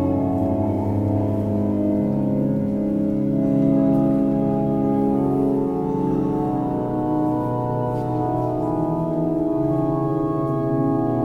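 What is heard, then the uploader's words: A service inside a large stone basilica, filled with long held chords that ring and blend in the reverberant space. The low, warm tones stay steady in loudness, shifting to new pitches every few seconds, around two, six and eight seconds in. Basilica Santa Maria Del Mar, Barcelona, Spain. I walked in on a service (unknown) at the Basilica Santa Maria Del Mar.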